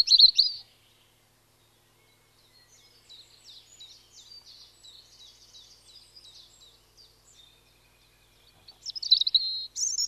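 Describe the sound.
European robin song: a loud sharp phrase, a pause, then quieter high twittering notes, and a renewed loud warbled burst rising to a thin high note at the end.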